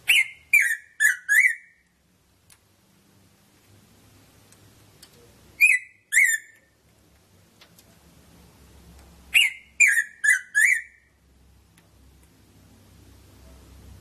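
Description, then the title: Red-throated parrotfinch gives three bursts of short, harmonic, downslurred notes, four, two, then four notes, spaced several seconds apart. "Erythrura Psittacea"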